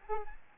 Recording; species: mosquito wingbeat signal from an infrared sensor; Aedes albopictus